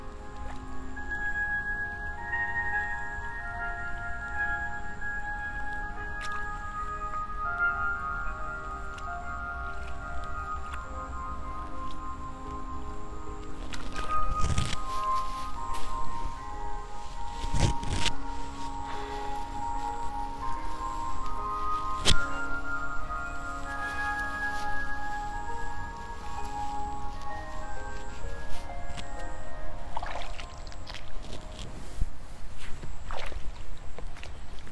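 Evening rice seedlings being pulled, with wet squelching and sharp splashes after mid-clip over a steady bed of shrill, layered insect or frog calls.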